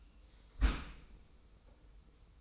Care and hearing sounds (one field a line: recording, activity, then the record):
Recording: daily activity, microphone in the room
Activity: close dishwasher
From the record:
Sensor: 1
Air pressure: 990.4 hPa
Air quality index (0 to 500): 176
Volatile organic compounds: 1000 ppm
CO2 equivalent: 6487 ppm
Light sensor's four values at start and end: 24/56/24/26 and 24/56/23/26